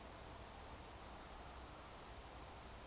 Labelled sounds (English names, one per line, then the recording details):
Eurasian Woodcock whistle
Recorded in Baden-Württemberg, Germany, on 29 June 2020 at 02:30 UTC
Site 43791, 788 m above sea level